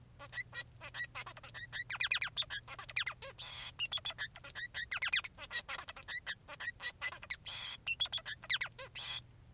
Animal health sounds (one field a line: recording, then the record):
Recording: song of a male Bengalese finch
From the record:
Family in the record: son of father 3